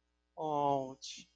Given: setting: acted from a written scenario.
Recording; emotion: vocal sound without words; romantic love